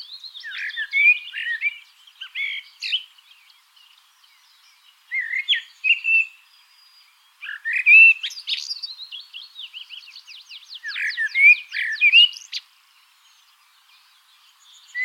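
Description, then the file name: Common blackbird song: short fluted phrases, some followed by high, scratchy twittering. "Turdus merula"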